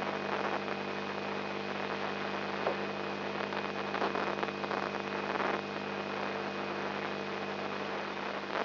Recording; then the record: brain microelectrode recording played as sound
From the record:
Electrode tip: inside the subthalamic nucleus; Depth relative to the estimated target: -2 mm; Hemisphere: right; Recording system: AlphaMap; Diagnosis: Parkinson's disease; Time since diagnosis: 10 years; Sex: male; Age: 56 years